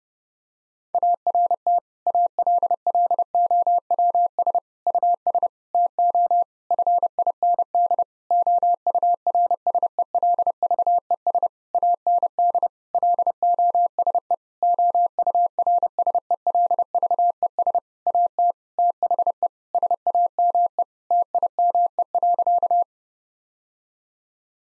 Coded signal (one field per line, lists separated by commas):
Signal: Morse code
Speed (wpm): 30 wpm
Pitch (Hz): 700 Hz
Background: none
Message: ART ALLOWS US TO FIND OURSELVES AND LOSE OURSELVES AT THE SAME TIME.